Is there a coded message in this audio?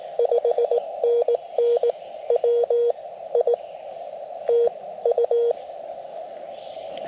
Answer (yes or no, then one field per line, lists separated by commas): yes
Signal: Morse code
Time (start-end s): 0.2-5.5 s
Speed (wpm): 18 wpm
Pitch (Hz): 470 Hz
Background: radio noise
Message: 5NN WI TU